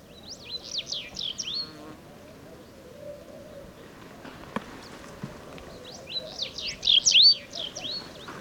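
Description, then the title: Sahara bunting song: two brisk phrases of slurred whistled notes, one at the start and a louder one near the end, with a quieter stretch between. Several wild birds singing together, unseen among heaps of stones in the ruins of old Wadan, Mauritania, just after sunrise on 23 February 2019; recorded with Tlp7 and Mixpre3. "Bruant du Sahara - Mauritanie"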